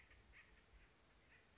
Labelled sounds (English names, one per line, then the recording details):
Acorn Woodpecker
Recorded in Sonoma County, California